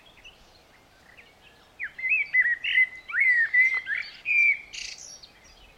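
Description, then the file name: Eurasian blackbird delivering one long phrase of varied flute-like whistles and slurred notes, finishing with a brief high squeaky flourish. "Turdus merula"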